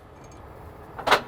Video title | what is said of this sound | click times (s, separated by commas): Holmes DTU Pro Tips | as you can hear it just latched you got to leave a little pressure on there to get your state front safety pins in | 1.0 s